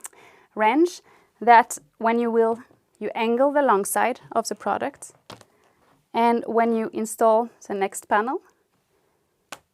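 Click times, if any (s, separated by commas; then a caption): 9.5 s. Someone talks while a laminate/vinyl floor panel is angled in and pressed against the previous panel, so the flexible tongue of its click-lock joint flexes into the adjacent floor panel. A short, sharp click is heard at 9.5 s as the joint snaps home, confirming the panel is seated and properly installed.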